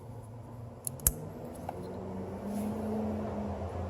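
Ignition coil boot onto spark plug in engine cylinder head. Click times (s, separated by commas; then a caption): 0.9 s, 1.1 s. An ignition coil boot is pressed down onto a new spark plug in the cylinder head of a 2011 Ford F150 5.0L engine, feeling firm at first before it snaps into place. Two sharp clicks are heard at 0.9 s and 1.1 s over a steady low background hum. The coil is seated.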